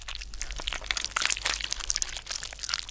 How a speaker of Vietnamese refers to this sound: Sau đó, ở bên trong hang động vang lên âm thanh nhai nhút, nghe đến rợn cả người.